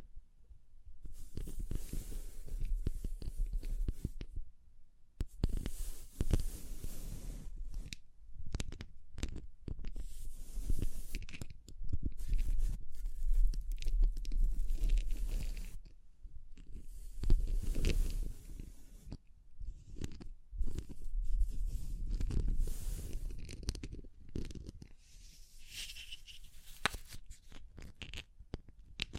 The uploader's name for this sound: Tapping, Scratching, Brushing, Crinkles